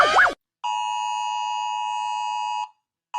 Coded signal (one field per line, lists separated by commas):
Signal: Emergency Alert System (SAME) tones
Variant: 853 and 960 Hz attention tone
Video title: Rating EAS Sounds by how scary they are | Gwape